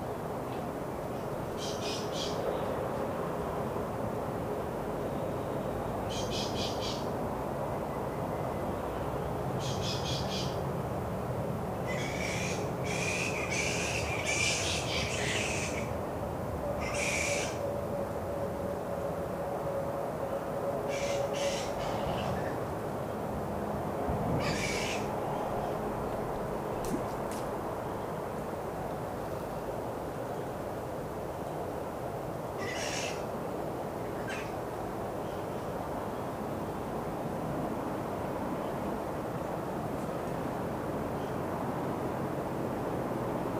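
Flying foxes give short bursts of shrill chattering every few seconds, clustered around the middle, over a steady low rumble of traffic.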